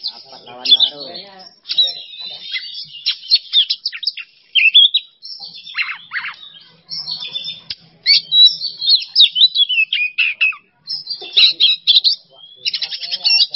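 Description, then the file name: Oriental magpie-robin song: long sequence of varied sweet whistles, trills and harsh notes, delivered in fast bursts with a few short silences. Masteran training recording for songbirds; song style named bongkar isian emosi. "Masteran Kacer Bongkar Isian Emosi"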